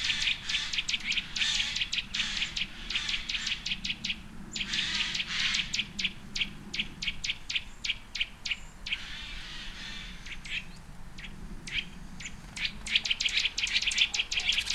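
Birds chirping, many fast high chirps and short trills over low background noise.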